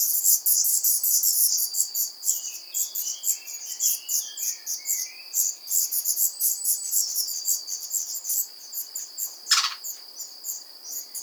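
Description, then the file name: Black redstart chicks begging with rapid, very high, thin squeaky chirps in a dense, insistent chorus, a few lower sliding notes, and one brief loud burst near the end. Young at the nest as an adult arrives to feed them. "jeunes rougequeues noirs au nid accueillant un adulte venant les nourrir"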